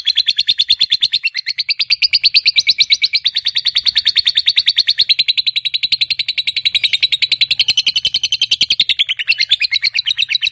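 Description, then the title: Lovebird long chattering song: a continuous rapid stream of high, shrill, buzzy notes running evenly for the whole ten seconds without a break. Fighter lovebird giving a long ngekek. "Suara Lovebird FIGHTER NGEKEK PANJANG"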